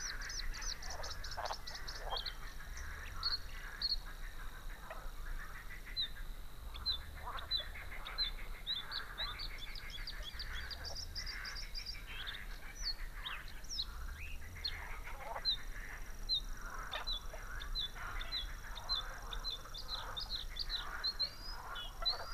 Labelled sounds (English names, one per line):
Bluethroat song